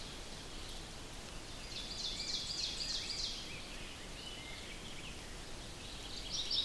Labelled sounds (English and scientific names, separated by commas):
Ovenbird (Seiurus aurocapilla) song